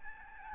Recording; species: mosquito wingbeat signal from an infrared sensor; Aedes albopictus